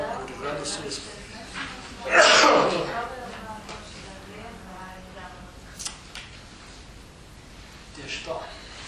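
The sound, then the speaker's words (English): A single loud, sharp sneeze bursts out about two seconds in, a brief explosive hiss, followed by quieter rustling and faint voices. “In Latvian, there is saying, if you sneeze, that means that is right.”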